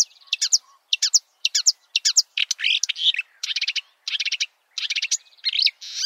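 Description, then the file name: Marsh warbler song in short bursts of scratchy chatter, rattles and sharp whistled notes, delivered in quick succession with small gaps. "suara-kicauan-burung-marsh-warbler -omkicau"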